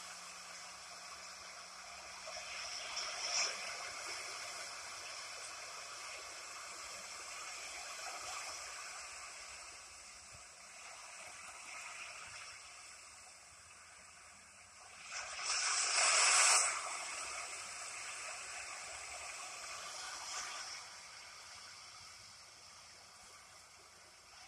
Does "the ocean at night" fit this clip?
yes